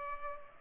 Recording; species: mosquito wingbeat signal from an infrared sensor; Culex pipiens